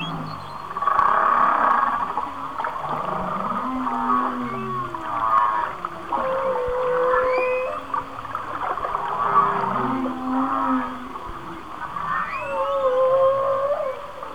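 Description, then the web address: Whale song in a busy chorus of rising and falling whistles, short upswept cries and low moans overlapping throughout. "Whale Songs Whale Songs- Mike Mc Donald"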